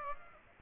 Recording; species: mosquito wingbeat signal from an infrared sensor; Aedes aegypti